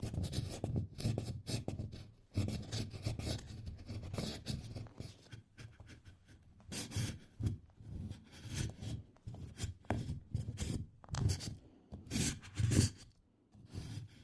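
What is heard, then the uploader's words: Candle wax is scraped off in a run of short, rough strokes that come in quick, uneven bursts. The scratching is gritty with a hissy top and some low thuds underneath, and the strokes grow sharper and louder after about six seconds. TimASMR-Scraping Off Candle Wax Satisfying Scratching Sounds.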